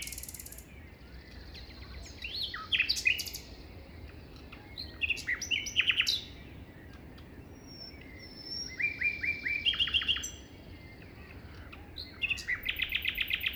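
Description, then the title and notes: Common nightingale song with varied phrases: buzzy chatter, fast repeated whistles and a rattling trill near the end, separated by short pauses, wind rumbling steadily below. Singing beside a path on the Plateau de Lesches en Diois, France, 21 May 2019 at 5:05 am; windy; stereo, Nagra Seven recorder with MKH40 microphones. "Plateau de Lesches en diois. un rossignol en bord de chemin"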